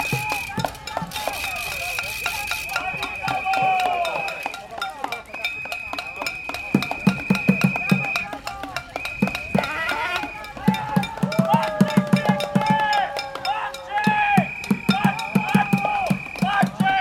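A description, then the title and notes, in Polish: A group of spectators cheers on marathon runners from the street, with shouts and voices layered over a steady crowd murmur. A shrill, sustained whistle tone sounds repeatedly, and rhythmic drum-like beats come in bursts, especially in the second half. Profesjonalne dopingowanie biegaczy przez grupę kibiców na ulicy Grabiszyńśkiej. Rekorder, mikrofon: Sony PCM D50. 33. Maraton Wrocławski - dopingowanie zawodników.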